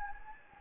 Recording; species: mosquito wingbeat signal from an infrared sensor; Anopheles gambiae